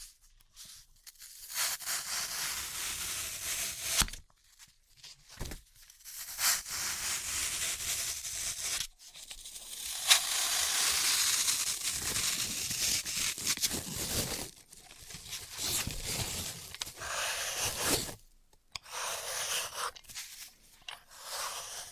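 Floral foam being cut and crushed, with bursts of crisp, bright crunching and scraping that start and stop in uneven stretches. The loudest, densest crumbling runs from about 10 to 14 seconds, with short silent gaps near 4, 5, 9 and 18 seconds.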